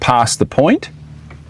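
Someone talks while the 90° swing arm of a San Hima shower awning (instant ensuite tent, from VicOffroad 4x4) is pulled past its lock point during setup, bringing its automatic latch toward the awning mount bracket. After the talking stops, only a faint low hum and a soft tick near 1.3 s are heard. Nothing has seated or clicked yet.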